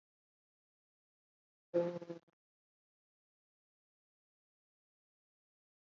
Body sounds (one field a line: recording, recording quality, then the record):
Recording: sustained vowel as in boot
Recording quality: poor, much background noise or distortion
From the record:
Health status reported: COVID-19 positive, mild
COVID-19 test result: positive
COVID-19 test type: RT-PCR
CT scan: not taken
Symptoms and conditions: fatigue, diabetes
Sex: female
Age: 49 years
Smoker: no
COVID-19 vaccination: both doses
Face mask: worn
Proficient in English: no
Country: India